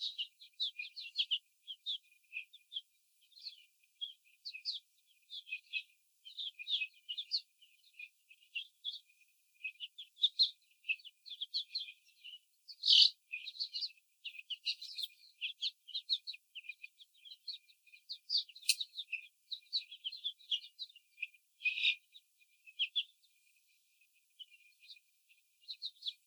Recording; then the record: young laying hens in a cage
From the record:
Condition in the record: before the stressor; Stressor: simulated dog barking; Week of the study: 4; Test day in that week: 2